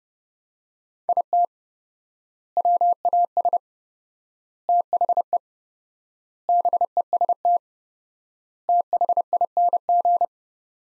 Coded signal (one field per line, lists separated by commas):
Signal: Morse code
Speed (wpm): 30 wpm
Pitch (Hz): 700 Hz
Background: none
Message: IT WAS THE BEST THING